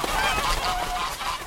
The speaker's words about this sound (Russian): Раннее утро. Гуси резко взмывают в небо.